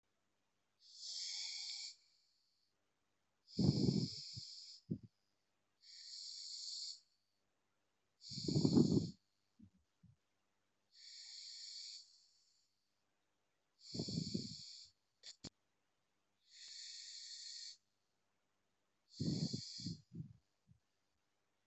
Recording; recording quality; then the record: deep breathing; excellent, no background noise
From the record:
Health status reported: exposed to COVID-19, no respiratory illness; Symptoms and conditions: cough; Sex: male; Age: 38 years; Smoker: yes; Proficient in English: yes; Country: India